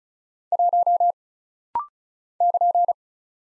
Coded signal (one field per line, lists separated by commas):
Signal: Morse code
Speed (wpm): 34 wpm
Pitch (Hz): 700 Hz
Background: none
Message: 1 <KN>